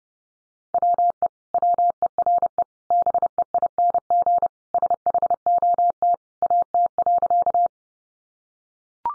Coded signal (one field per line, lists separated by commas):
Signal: Morse code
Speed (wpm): 30 wpm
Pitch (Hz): 700 Hz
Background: none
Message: WE WERE BEING SHOT AT.